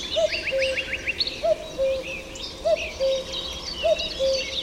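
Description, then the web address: Common cuckoo calling a clear descending two-note cu-coo roughly every 1.2 seconds, with other birds twittering and trilling above it. "chant didier collin coucou gris"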